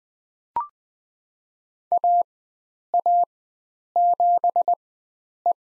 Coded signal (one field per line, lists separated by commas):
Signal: Morse code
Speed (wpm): 20 wpm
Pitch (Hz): 700 Hz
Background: none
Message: AA7E